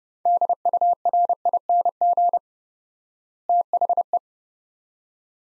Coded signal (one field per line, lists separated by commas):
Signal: Morse code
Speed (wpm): 30 wpm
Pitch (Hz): 700 Hz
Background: none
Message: DURING THE